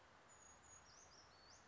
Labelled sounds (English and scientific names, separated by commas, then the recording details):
Brown Creeper (Certhia americana)
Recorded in Sonoma County, California